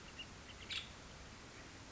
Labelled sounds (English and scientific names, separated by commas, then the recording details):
Nuttall's Woodpecker (Dryobates nuttallii)
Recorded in Sonoma County, California